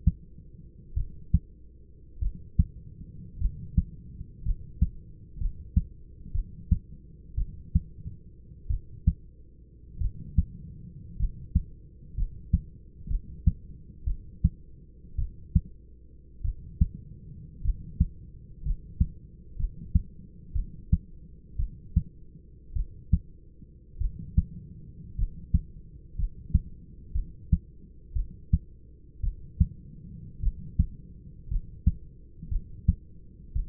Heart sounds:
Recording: heart sounds by stethoscope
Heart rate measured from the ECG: 55 bpm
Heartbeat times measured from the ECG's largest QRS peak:
0.94 s: heartbeat
2.20 s: heartbeat
3.39 s: heartbeat
4.43 s: heartbeat
5.38 s: heartbeat
6.32 s: heartbeat
7.35 s: heartbeat
8.68 s: heartbeat
9.98 s: heartbeat
11.17 s: heartbeat
12.15 s: heartbeat
13.08 s: heartbeat
14.05 s: heartbeat
15.16 s: heartbeat
16.42 s: heartbeat
17.62 s: heartbeat
18.63 s: heartbeat
19.57 s: heartbeat
20.53 s: heartbeat
21.57 s: heartbeat
22.74 s: heartbeat
23.98 s: heartbeat
25.16 s: heartbeat
26.16 s: heartbeat
27.13 s: heartbeat
28.14 s: heartbeat
29.21 s: heartbeat
30.41 s: heartbeat
31.49 s: heartbeat
32.49 s: heartbeat
33.53 s: heartbeat
From the record:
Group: healthy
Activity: cold pressor test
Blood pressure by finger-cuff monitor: 113/47 mmHg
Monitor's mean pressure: 68 mmHg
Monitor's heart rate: 55 bpm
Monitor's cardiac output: 6.5 L/min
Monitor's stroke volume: 118 mL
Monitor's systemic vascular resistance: 740 dyn s/cm5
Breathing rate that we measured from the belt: 9 breaths a minute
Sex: male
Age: 25 years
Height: 170 cm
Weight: 70.4 kg

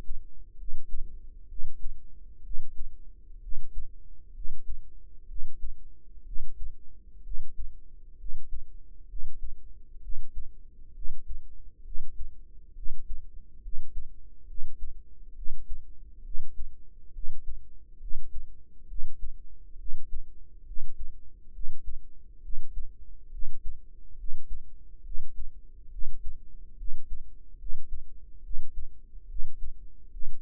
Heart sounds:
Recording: heart sounds by microphone in the right ear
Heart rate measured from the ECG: 67 bpm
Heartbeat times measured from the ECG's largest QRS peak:
0.56 s: heartbeat
1.46 s: heartbeat
2.41 s: heartbeat
3.39 s: heartbeat
4.32 s: heartbeat
5.26 s: heartbeat
6.23 s: heartbeat
7.22 s: heartbeat
8.16 s: heartbeat
9.06 s: heartbeat
10.00 s: heartbeat
10.92 s: heartbeat
11.82 s: heartbeat
12.73 s: heartbeat
13.60 s: heartbeat
14.45 s: heartbeat
15.33 s: heartbeat
16.22 s: heartbeat
17.11 s: heartbeat
17.98 s: heartbeat
18.86 s: heartbeat
19.76 s: heartbeat
20.63 s: heartbeat
21.51 s: heartbeat
22.40 s: heartbeat
23.29 s: heartbeat
24.15 s: heartbeat
25.02 s: heartbeat
25.89 s: heartbeat
26.75 s: heartbeat
27.56 s: heartbeat
28.41 s: heartbeat
29.26 s: heartbeat
30.09 s: heartbeat
From the record:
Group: healthy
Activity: rest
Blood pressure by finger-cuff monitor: 109/73 mmHg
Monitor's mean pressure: 84 mmHg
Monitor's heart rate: 68 bpm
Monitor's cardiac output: 5.3 L/min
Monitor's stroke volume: 77 mL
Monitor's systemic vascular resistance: 1170 dyn s/cm5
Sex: female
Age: 22 years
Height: 160 cm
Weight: 45 kg

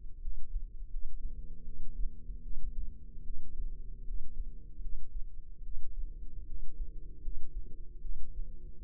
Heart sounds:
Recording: heart sounds by microphone in the left ear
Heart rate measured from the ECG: 77 bpm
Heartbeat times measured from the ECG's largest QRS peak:
0.19 s: heartbeat
0.88 s: heartbeat
1.63 s: heartbeat
2.40 s: heartbeat
3.22 s: heartbeat
4.03 s: heartbeat
4.79 s: heartbeat
5.61 s: heartbeat
6.44 s: heartbeat
7.20 s: heartbeat
7.99 s: heartbeat
8.78 s: heartbeat
From the record:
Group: healthy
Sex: female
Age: 19 years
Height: 163 cm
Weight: 48.9 kg

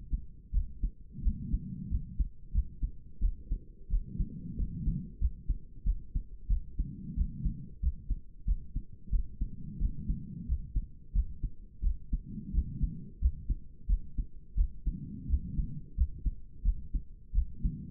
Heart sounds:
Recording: heart sounds by stethoscope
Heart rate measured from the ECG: 89 bpm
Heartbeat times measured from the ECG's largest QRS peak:
0.53 s: heartbeat
1.23 s: heartbeat
1.90 s: heartbeat
2.53 s: heartbeat
3.21 s: heartbeat
3.89 s: heartbeat
4.58 s: heartbeat
5.20 s: heartbeat
5.85 s: heartbeat
6.49 s: heartbeat
7.16 s: heartbeat
7.82 s: heartbeat
8.46 s: heartbeat
9.11 s: heartbeat
9.80 s: heartbeat
10.48 s: heartbeat
11.14 s: heartbeat
11.83 s: heartbeat
12.53 s: heartbeat
13.21 s: heartbeat
13.88 s: heartbeat
14.56 s: heartbeat
15.28 s: heartbeat
15.96 s: heartbeat
16.64 s: heartbeat
17.34 s: heartbeat
From the record:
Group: healthy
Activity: rest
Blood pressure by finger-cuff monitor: 107/64 mmHg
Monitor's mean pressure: 78 mmHg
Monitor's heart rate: 90 bpm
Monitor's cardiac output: 7.6 L/min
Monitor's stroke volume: 84 mL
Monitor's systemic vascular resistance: 740 dyn s/cm5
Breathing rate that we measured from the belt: 22 breaths a minute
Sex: female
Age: 22 years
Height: 163 cm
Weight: 67.1 kg

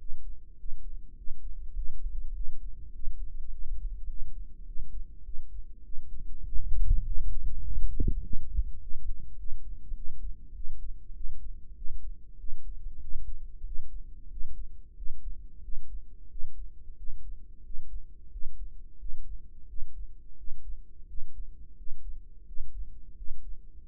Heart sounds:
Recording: heart sounds by microphone in the right ear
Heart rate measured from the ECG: 95 bpm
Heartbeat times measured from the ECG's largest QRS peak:
0.58 s: heartbeat
1.17 s: heartbeat
1.76 s: heartbeat
2.35 s: heartbeat
2.94 s: heartbeat
3.51 s: heartbeat
4.09 s: heartbeat
4.66 s: heartbeat
5.25 s: heartbeat
5.85 s: heartbeat
6.46 s: heartbeat
7.06 s: heartbeat
7.65 s: heartbeat
8.24 s: heartbeat
8.81 s: heartbeat
9.39 s: heartbeat
9.96 s: heartbeat
10.56 s: heartbeat
11.15 s: heartbeat
11.77 s: heartbeat
12.39 s: heartbeat
13.02 s: heartbeat
13.66 s: heartbeat
14.31 s: heartbeat
14.97 s: heartbeat
15.63 s: heartbeat
16.30 s: heartbeat
16.98 s: heartbeat
17.64 s: heartbeat
18.32 s: heartbeat
19.00 s: heartbeat
19.68 s: heartbeat
20.38 s: heartbeat
21.08 s: heartbeat
21.77 s: heartbeat
22.47 s: heartbeat
23.17 s: heartbeat
23.86 s: heartbeat
From the record:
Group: healthy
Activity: rest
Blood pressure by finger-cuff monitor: 136/83 mmHg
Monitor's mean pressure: 101 mmHg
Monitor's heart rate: 100 bpm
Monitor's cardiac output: 7.7 L/min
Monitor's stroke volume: 80 mL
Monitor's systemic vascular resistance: 970 dyn s/cm5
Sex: male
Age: 21 years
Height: 175 cm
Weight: 72.6 kg

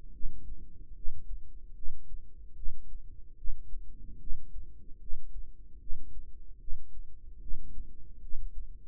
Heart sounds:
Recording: heart sounds by microphone in the right ear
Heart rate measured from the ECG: 74 bpm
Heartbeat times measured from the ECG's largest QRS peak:
0.13 s: heartbeat
0.95 s: heartbeat
1.75 s: heartbeat
2.56 s: heartbeat
3.37 s: heartbeat
4.20 s: heartbeat
5.00 s: heartbeat
5.80 s: heartbeat
6.60 s: heartbeat
7.41 s: heartbeat
8.22 s: heartbeat
From the record:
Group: healthy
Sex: male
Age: 55 years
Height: 167 cm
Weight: 57.2 kg

